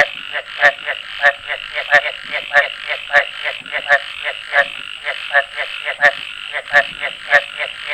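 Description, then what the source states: Frog calls, dense pulsed croaking bursts repeated steadily throughout, with sharp clicks and a constant high whine in the background. Recorded 14 July 2013.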